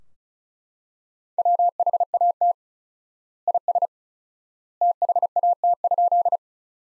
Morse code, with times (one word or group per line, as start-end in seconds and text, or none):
1.4-2.5 WHAT
3.5-3.9 IS
4.8-6.4 THAT?